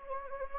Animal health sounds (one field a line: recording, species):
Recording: mosquito wingbeat signal from an infrared sensor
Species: Anopheles gambiae